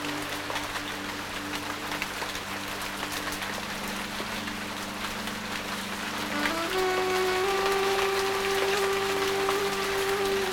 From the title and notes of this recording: Rain in the Garden. The sound of rain on leaves with gentle music.